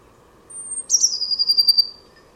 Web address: cianscape birddata Deverinetal 2025 Bird Only Cy Ca